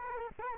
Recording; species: mosquito wingbeat signal from an infrared sensor; Culex quinquefasciatus